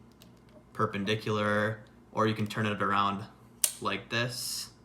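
Someone talks while a camera on a GoPro pole mount is rotated with its spring tab pressed down, turning the head around toward a swivel detent position. Brief handling ticks and light clicks are heard under the speech. The clip ends just before the detent locks, so nothing has seated or clicked into place yet.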